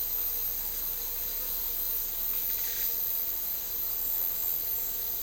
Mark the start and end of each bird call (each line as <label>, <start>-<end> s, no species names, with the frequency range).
bird call (1.0-2.9 kHz), 2.52-2.91 s